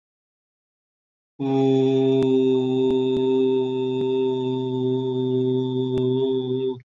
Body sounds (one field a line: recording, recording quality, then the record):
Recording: sustained vowel as in boot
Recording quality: excellent, no background noise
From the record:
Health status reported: COVID-19 positive, no symptoms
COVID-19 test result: positive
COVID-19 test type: RT-PCR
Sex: male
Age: 44 years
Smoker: yes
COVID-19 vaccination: both doses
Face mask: worn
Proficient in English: no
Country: India